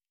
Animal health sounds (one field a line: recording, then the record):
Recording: hydrophone in a shrimp aquaculture tank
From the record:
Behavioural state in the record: normal